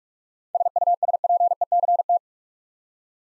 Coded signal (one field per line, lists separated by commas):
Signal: Morse code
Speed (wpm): 44 wpm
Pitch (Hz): 700 Hz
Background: none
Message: SUSPECT